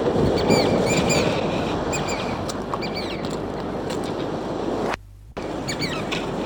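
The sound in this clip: Chatham Island oystercatcher uttering repeated shrill piped notes in short bursts, partly masked by loud rushing noise.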